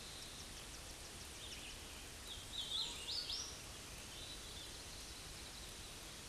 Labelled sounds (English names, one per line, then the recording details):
Hooded Warbler song
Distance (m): 40 m
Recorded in a Pennsylvania forest on 18 May 2023 at 08:03
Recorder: AudioMoth, point grid1_10_low
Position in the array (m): 54 m, 116 m